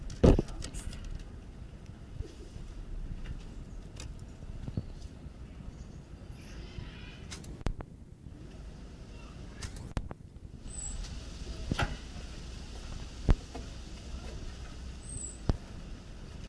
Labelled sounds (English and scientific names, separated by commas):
Common Marmoset (Callithrix jacchus) call